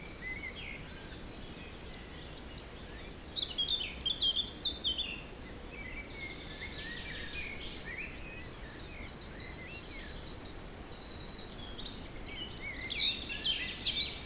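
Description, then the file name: Birds in chorus with many overlapping high twitters, trills and buzzy phrases that grow busier toward the end, over constant windy background noise. Forest in spring, windy weather of force 3 Beaufort, recorded at 1 pm. "Forest Spring Birds Windy 3 bft 1 pm"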